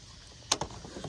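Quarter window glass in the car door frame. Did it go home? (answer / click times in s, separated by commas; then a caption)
released / 0.5 s. Someone pushes from inside the door on the mounting studs of the broken rear quarter glass in a 2013 Hyundai Sonata's door frame, trying to free it in one piece. A sharp pop at 0.5 seconds, followed by a fainter one at 0.6 seconds, stands out against low background noise. The glass breaks away from its seal and comes loose.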